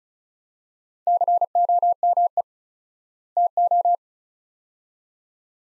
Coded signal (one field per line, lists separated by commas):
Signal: Morse code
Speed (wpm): 34 wpm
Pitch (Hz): 700 Hz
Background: none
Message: COME TO